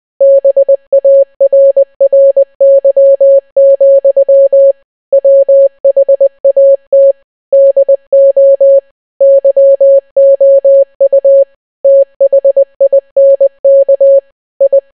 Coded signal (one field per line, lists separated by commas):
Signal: Morse code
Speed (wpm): 20 wpm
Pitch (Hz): 550 Hz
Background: none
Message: BARRY, WHAT DO YOU THINK I